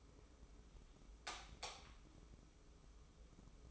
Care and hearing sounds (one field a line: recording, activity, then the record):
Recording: daily activity, microphone in the room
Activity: light off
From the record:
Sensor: 1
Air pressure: 995.4 hPa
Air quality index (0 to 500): 26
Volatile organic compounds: 1 ppm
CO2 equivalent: 517 ppm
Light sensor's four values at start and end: 14/41/16/17 and 10/25/10/11